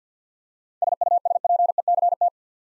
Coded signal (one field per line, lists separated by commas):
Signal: Morse code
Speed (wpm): 49 wpm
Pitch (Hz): 700 Hz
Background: none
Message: SUSPECT